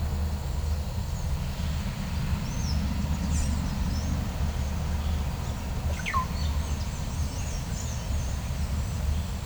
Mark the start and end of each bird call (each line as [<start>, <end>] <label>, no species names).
[2.23, 2.97] bird call
[5.49, 8.92] bird call